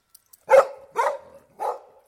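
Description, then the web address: Collie letting out three sharp barks, each trailing off briefly. Collie dog barking outdoors. "Sound Effects-BBC Dogs Barking BBC"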